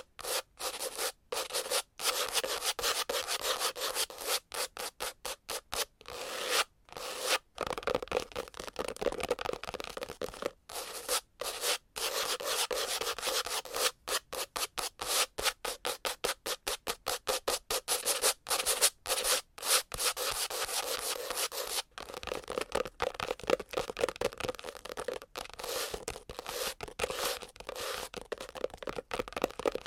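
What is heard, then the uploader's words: Long nails scratch and tap fast and aggressively, in dense bursts of rough, bright rubbing broken by quick silences. The strokes come in rapid, uneven clusters across the whole half minute, with a busier stretch in the second half and no other sounds behind them. ASMR Fast and Aggressive Scratching and Tapping with Long Nails - Asmr Pink Triggers - No Talking.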